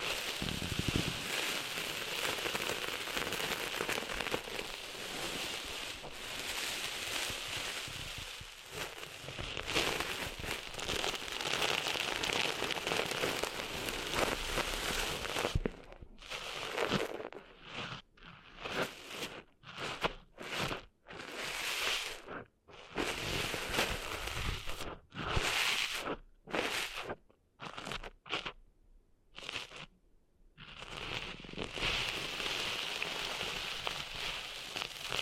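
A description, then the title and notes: Sand being cleaned out of an ear makes a dense, crackling rustle, like rain on a surface. For the first fifteen seconds it runs almost unbroken. After that it comes in short bursts with brief silences between them, then fills in again near the end. ASMR Cleaning Sand Out of Your Ears (No Talking).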